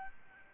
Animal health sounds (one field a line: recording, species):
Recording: mosquito wingbeat signal from an infrared sensor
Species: Aedes albopictus